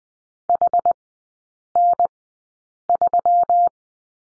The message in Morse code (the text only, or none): HN3